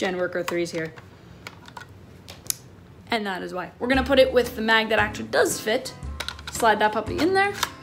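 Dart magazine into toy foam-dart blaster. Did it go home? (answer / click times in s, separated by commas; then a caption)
no / none. Someone talks while a plastic foam-dart magazine is handled and slid toward the magazine well of a toy foam-dart blaster, with a few brief, faint taps between about 1.5 and 2.5 seconds. The magazine has not yet seated or clicked in when the clip ends.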